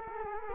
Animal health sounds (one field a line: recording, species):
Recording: mosquito wingbeat signal from an infrared sensor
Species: Culex quinquefasciatus